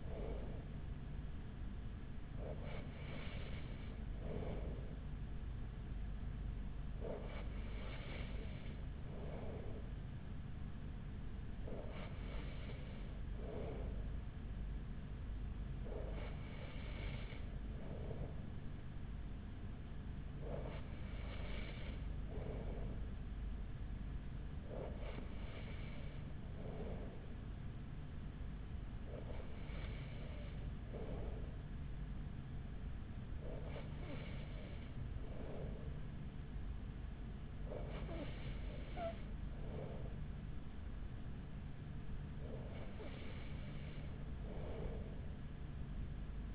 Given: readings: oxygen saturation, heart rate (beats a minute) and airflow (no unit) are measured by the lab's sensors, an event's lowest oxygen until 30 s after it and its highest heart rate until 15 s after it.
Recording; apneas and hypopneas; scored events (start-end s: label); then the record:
breathing in sleep by a smartphone at the bedside; none
none scored
From the record:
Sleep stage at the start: N3 (deep sleep); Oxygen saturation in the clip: 94%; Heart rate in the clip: 41 to 45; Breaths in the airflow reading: 11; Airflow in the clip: -5.1 to 4.4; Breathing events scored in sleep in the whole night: 207 in 7.6 hours asleep